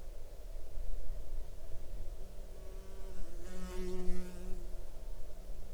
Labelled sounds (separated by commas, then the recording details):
insects
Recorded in the Arctic National Wildlife Refuge, Alaska, on 8 June 2019 at 00:46
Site 40